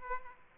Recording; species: mosquito wingbeat signal from an infrared sensor; Aedes aegypti